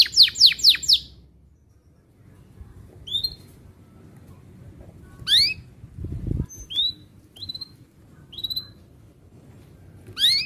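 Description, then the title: Atlantic canary giving a short fast trill of high sweeping notes, followed by spaced single chirps and brief bright phrases over faint background rumble. Canary described as gacor, singing actively, with its best cengkok melodic song turns and the most lavish isian song fill. "Kenari Gacor Cengkok Terbaik Isian Paling Mewah"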